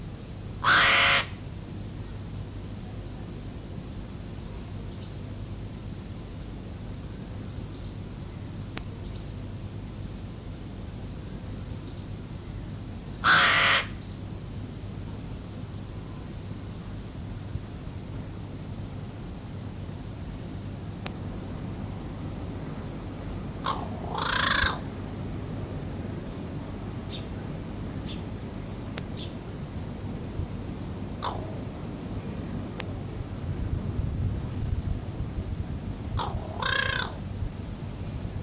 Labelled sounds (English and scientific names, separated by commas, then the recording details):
Pied Crow (Corvus albus) call
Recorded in captivity
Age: adult
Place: Zoo Berlin, Berlin, DE
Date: 2005-08-17 15:25
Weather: fair, 18°C
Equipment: Panasonic RQ-2102, Sennheiser ME 80, Kopie Uher 4000 Report Monitor
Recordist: Tembrock, Günter
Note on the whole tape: Lautfolgen. Gute Aufnahmequalität